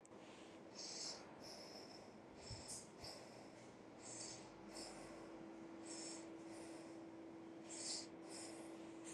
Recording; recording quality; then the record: deep breathing; moderate, slight background noise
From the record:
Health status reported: COVID-19 positive, moderate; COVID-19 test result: positive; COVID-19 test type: RT-PCR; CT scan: not taken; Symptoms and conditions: cough, cold, breathing difficulty, fever, muscle pain, loss of smell and taste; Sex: female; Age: 27 years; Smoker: no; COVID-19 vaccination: both doses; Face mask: not worn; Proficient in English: yes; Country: India